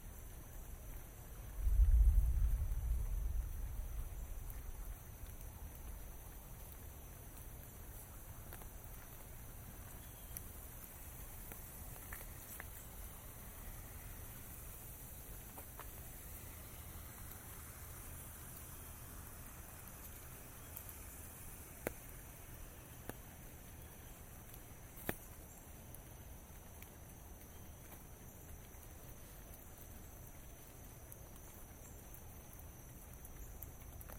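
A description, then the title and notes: Rain during a walk, a steady, even hiss that holds for the whole recording. A heavy low rumble swells near the start, around two to four seconds, then fades. Afterward only a few sharp clicks break through, near twenty-two and twenty-five seconds. Walk in the Rain.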